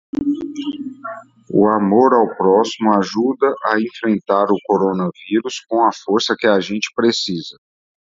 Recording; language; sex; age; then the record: spoken sentence; Brazilian Portuguese; male; 30 to 39 years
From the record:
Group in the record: control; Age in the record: 38 years